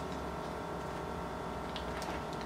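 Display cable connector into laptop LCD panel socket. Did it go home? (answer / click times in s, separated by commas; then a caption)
no / none. On an Acer Aspire 5742Z laptop during an LED screen replacement, the display cable connector is tucked and lined up with its little plastic piece before being slid into the LCD panel socket. A steady low background hum runs throughout, with faint light ticks and patter near the end. Nothing has seated or clicked yet.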